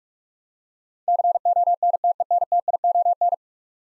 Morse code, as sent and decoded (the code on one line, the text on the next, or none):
-.-. --- -. - . -. - .. --- -.
CONTENTION